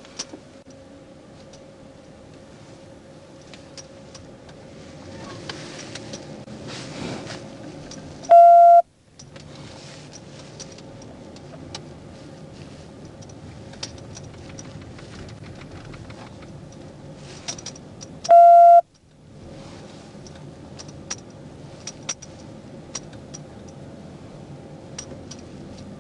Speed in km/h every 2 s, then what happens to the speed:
10, 11, 19, 21, 21, 23, 23, 23, 23, 24, 23, 26, 26.
0-6 speeds up to 21. 6-26 steady at about 23.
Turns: none.